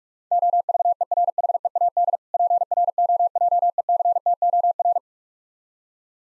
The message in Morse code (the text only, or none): OVERHEAD PROJECTOR